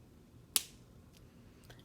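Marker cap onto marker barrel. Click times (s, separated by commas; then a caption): 0.6 s. The cap is pushed onto the barrel of a pink felt-tip marker and snaps shut with one sharp, bright click at 0.6 s, followed by a few much fainter ticks. The cap is seated, which keeps the marker from drying out.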